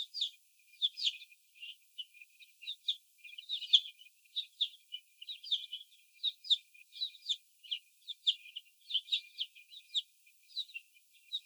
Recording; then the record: young laying hens in a cage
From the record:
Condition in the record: after the stressor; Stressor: sudden umbrella opening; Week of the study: 2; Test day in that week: 1